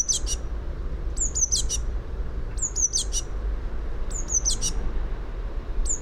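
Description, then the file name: Eurasian blue tit call: high, thin, falling notes each ending in a short scratchy buzz, repeated about every one and a half seconds, against a low hum. "Cyanistes caeruleus"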